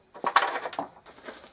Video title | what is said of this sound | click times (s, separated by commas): Makita Saw Stand Review | flip that little black lever over to one side so it locks into place | 0.4 s